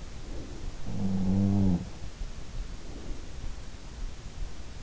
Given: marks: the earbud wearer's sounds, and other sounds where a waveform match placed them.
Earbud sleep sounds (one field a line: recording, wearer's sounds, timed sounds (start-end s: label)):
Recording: sounds in sleep by an in-ear microphone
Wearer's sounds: breath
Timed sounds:
0.06-0.98 s: breath
0.69-1.86 s: sound from someone else or the room
2.52-3.73 s: breath